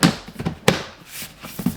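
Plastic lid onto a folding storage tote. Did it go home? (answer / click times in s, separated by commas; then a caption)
no / none. A plastic lid is pressed down onto a Vevor foldable storage tote, giving two sharp plastic knocks near 0.0 and 0.7 s and softer taps around 0.4 and 1.6 s. The lid has not snapped or clicked into place; it just sits on top.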